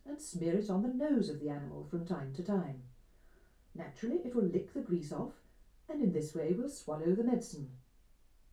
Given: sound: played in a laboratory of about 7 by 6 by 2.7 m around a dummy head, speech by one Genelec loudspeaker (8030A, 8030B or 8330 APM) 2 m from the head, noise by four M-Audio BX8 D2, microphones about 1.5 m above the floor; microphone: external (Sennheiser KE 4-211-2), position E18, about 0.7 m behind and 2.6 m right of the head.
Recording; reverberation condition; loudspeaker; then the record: female speech in English; low; 150 degrees to the right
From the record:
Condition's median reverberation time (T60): about 310 ms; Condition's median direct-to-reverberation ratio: about 3.5 dB